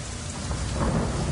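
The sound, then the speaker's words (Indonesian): Steady rain pours down at night with a low, rumbling roll of thunder underneath, a continuous dense hiss that stays fairly loud throughout, with no voices. “Dan ketika itu, hujan mulai turun.”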